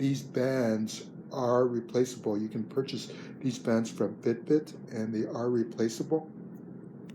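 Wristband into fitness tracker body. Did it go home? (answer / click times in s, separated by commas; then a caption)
no / none. A replaceable wristband is handled at a Fitbit Charge 2 fitness tracker body while someone talks throughout. Two faint, very short ticks sound at the very end, but nothing has seated or clicked yet, as the clip ends just before the band snaps into place.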